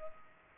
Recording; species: mosquito wingbeat signal from an infrared sensor; Culex pipiens